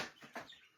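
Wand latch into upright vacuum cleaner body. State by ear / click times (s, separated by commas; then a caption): not seated / none. A replacement plastic wand latch, not the same design as the original and reluctant to latch, is pushed by hand into the body of a 1998 Dyson DC01 upright vacuum cleaner. Brief handling knocks and scrapes are heard, with the strongest around 0.2 s and 0.4 s. Nothing has seated or clicked yet.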